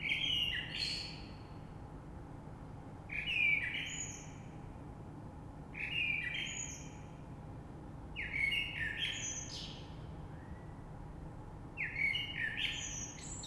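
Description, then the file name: Common blackbird singing five short mellow phrases roughly every three seconds, each with a low fluted start and a sharp high squeaky flourish. Recorded 3 March 2020. "Rush Merle"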